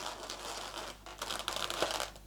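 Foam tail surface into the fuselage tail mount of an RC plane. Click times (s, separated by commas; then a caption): 1.5 s. A foam tail surface is pushed by hand, on a second try, onto the fuselage tail mount of a ZOHD Nano Talon Evo RC plane, making soft crinkling and creaking foam sounds. A small click comes at 1.5 s, followed by a few faint ticks. It does not clunk fully home: the surfaces stay wobbly rather than locked in, so it is only partly seated.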